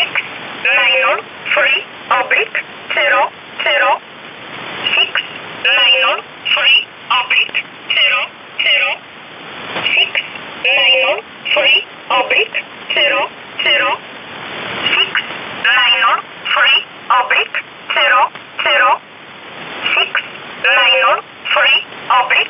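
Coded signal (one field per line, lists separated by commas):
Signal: numbers station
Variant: E11 Oblique, English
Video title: 10 04 2019 E11 Oblique Numbers station in English 1045 on 7317 unknown tx site in USB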